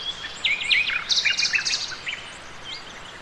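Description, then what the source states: Nightingale song phrase of quick, varied chirps and trills in the first two seconds, followed by a few fainter notes over steady background hiss. Several nightingales singing.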